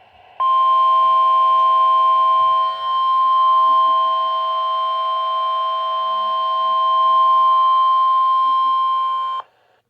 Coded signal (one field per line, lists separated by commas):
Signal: Emergency Alert System (SAME) tones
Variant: 1050 Hz attention tone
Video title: HELPLESS II - EAS Alerts from 4/18/24 #40-44